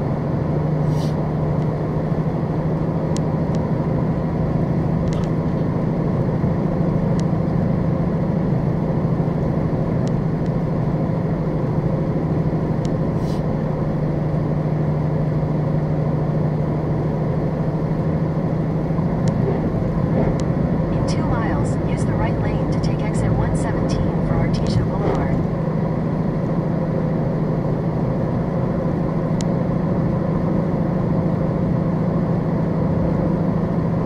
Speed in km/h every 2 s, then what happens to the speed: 89, 90, 92, 92, 92, 90, 90, 89, 89, 90, 92, 90, 90, 90, 92, 92, 93.
0-34 steady at about 90.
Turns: none.